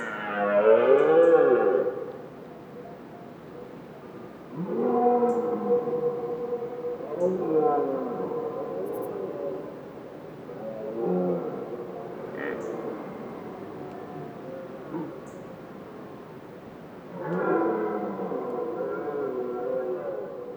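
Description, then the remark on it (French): Deer belling in the rut in an area where hunting is completely banned: a series of long, moaning calls that rise and fall in pitch, repeating every few seconds with brief gaps, some overlapping one another, steady background hiss between them. “Et on a pu prendre la mesure de cette qualité de vie pour la faune sauvage parce que dès le premier moment où on pose le pied en dehors de la voiture, ça brame de partout, littéralement partout.”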